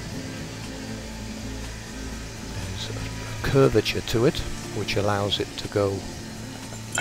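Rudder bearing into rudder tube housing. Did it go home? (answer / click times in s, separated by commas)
no / none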